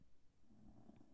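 A faint, low, steady rumble, muffled as if under fabric, fills most of this one-second fragment. It is a female dog, Ween, snoring quietly under a blanket. Too little of the breath cycle is heard to give a rate.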